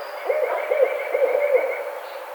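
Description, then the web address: Barred owl giving four rounded hoots in quick succession, each rising then falling. 2009-05-04. "sounds birds Barred Owl 2009 05 04 Barred Owl"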